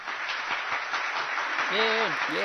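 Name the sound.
applause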